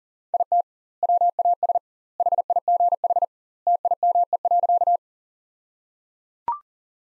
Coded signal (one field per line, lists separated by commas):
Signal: Morse code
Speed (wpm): 37 wpm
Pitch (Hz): 700 Hz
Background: none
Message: IT WAS HIGH TIME.